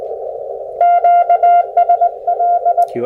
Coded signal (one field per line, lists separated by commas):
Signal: Morse code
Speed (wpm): 18 wpm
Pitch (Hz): 700 Hz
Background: none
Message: QSL